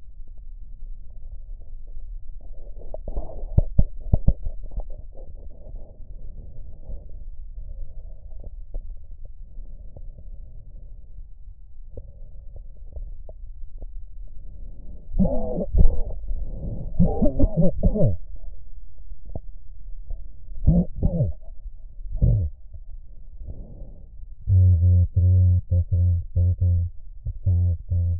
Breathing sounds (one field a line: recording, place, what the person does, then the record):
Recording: lung sounds by stethoscope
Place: right posterior basal chest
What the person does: quiet breathing, then cough and speech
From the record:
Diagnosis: none (healthy)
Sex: male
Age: 34 years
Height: 174 cm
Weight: 93 kg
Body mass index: 30.7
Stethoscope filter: extended mode